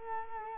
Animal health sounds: mosquito wingbeat signal from an infrared sensor; Culex quinquefasciatus

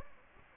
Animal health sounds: mosquito wingbeat signal from an infrared sensor; Anopheles gambiae

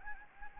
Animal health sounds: mosquito wingbeat signal from an infrared sensor; Anopheles gambiae

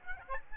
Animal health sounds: mosquito wingbeat signal from an infrared sensor; Aedes albopictus

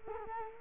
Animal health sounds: mosquito wingbeat signal from an infrared sensor; Culex quinquefasciatus

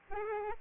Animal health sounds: mosquito wingbeat signal from an infrared sensor; Aedes albopictus

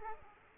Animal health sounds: mosquito wingbeat signal from an infrared sensor; Aedes aegypti

